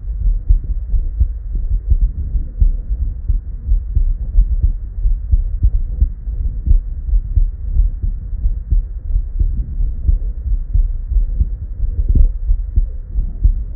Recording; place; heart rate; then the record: heart sounds by stethoscope; Erb's point; 85 bpm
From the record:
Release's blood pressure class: normal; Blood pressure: 109/62 mmHg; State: at rest